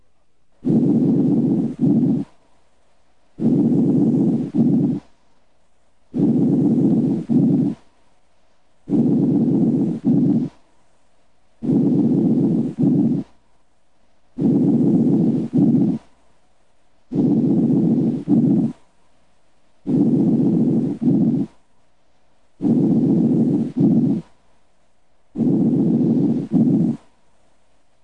Normal breath sounds heard over other chest wall areas. Normal breath sounds heard over other chest wall areas are faint. They are heard throughout inspiration and at the beginning of expiration.